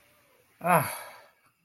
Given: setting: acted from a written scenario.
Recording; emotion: vocal sound without words; relief